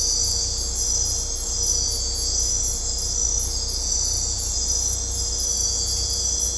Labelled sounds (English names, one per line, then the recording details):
none
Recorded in dense forest near Puerto Asís, Putumayo, Colombia, on 16 December 2024 at 22:30
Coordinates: 0.503, -76.323
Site G043